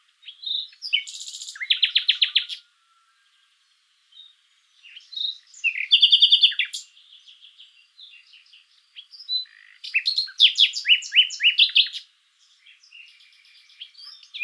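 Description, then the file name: Common nightingale singing in varied phrases: a rapid rattling series of loud repeated notes, pauses, then buzzy trills and fast chattering bursts, with quiet background. "Luscinia megarhynchos"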